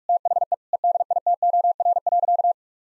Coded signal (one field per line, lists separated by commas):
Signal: Morse code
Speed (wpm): 46 wpm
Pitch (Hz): 700 Hz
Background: none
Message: THE EDITOR.